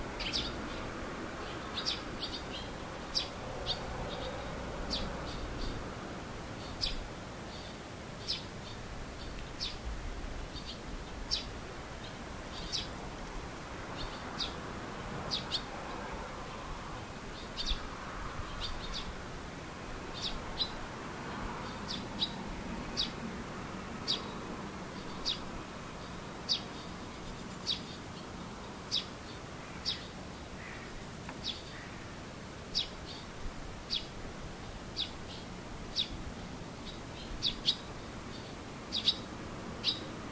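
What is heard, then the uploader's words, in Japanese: Swallows chirp in quick, sharp, high twitters scattered throughout, over a steady low rushing hiss with a faint murmur in the middle range. ツバメ。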